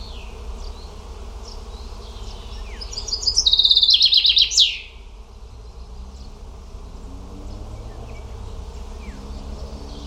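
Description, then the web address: Bird song: a fast, high trill of repeated chipping notes ending in a sharp flourish, over steady low background hum. "cianscape birddata Deverinetal 2025 Bird Only"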